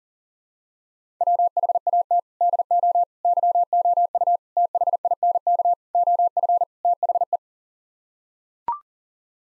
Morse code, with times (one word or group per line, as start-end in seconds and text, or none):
1.2-2.2 WHAT
2.4-3.0 DO
3.2-4.4 YOU
4.6-5.7 THINK
6.0-6.6 OF
6.8-7.4 THE